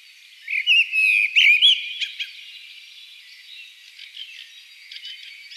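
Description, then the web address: Common blackbird song: a short run of looping, fluted whistles, then a squeaky high ending and faint, scattered chirps in the background. "pub SETE data Turdus merula"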